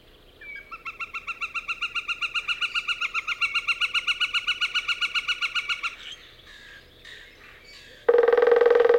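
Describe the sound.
Northern flicker giving a long, rapid, even series of loud notes, swelling then holding steady until they stop; a loud, different sound starts abruptly at the end.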